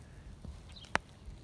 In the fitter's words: you'll hear it snap in